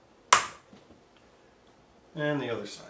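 A plastic rivet head is pushed through the slot in the side panel of a SteakAger meat aging chamber base, giving a single sharp, loud snap at 0.3 s as the rivet seats in place. After a quiet stretch, someone talks from about 2.1 s.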